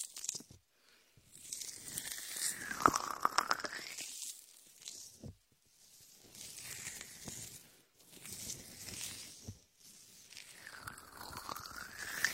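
Latex-gloved hands massage ears coated in shaving foam, making dense crackling, squelching rubs in swells that rise and fade about every two to three seconds. Brief gaps of near silence separate the strokes, and sharp crackly pops cluster around the third second.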